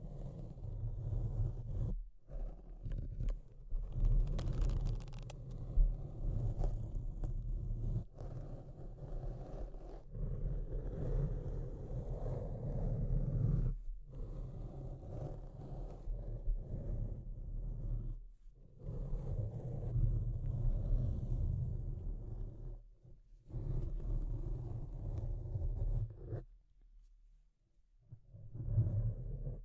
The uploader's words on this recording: Deep Scratching. (No Talking).